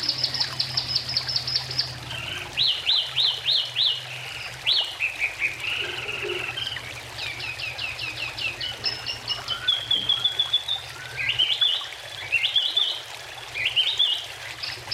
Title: Kicau Kacer